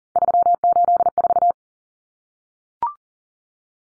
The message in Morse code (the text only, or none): 384